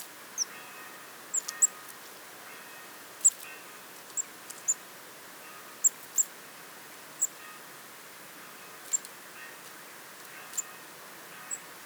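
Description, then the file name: Eurasian blue tit uttering brief, very high chip notes at irregular intervals of about a second, single or paired, against faint steady hiss. "Cyanistes caeruleus"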